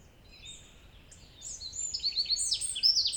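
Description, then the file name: Eurasian wren song: high, sharp twitters and trills growing louder toward the end. "Troglodytes troglodytes"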